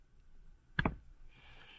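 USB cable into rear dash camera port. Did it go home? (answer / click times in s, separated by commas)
yes / 0.8 s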